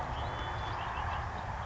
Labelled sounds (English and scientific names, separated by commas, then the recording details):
Red-winged Blackbird (Agelaius phoeniceus)
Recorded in Sonoma County, California